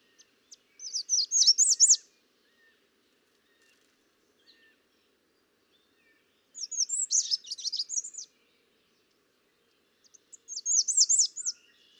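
American redstart singing high, thin, slurred note series, each phrase over a second long, repeated three times with pauses between.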